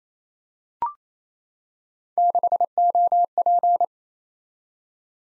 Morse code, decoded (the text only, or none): 6OP